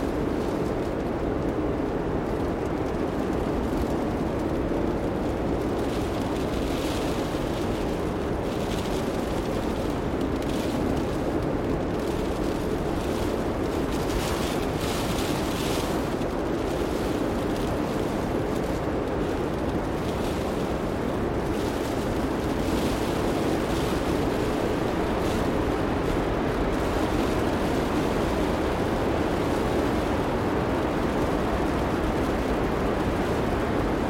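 A snow blizzard heard from inside a car: a dense, steady low roar of wind that barely changes over the whole stretch. Brief brighter hisses of blown snow brush the shell now and then, strongest around the middle, over a deep muffled rumble.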